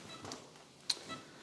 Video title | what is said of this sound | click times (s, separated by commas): Getting started with the Mindray iMec8 Multi-Parameter Monitor From Burtons Veterinary Equipment | match those up with the holes on the machine click it into place | 0.9 s